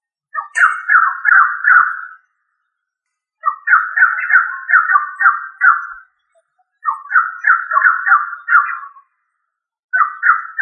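Rail repeating bursts of quick, grating chatter, each a couple of seconds long, separated by short pauses.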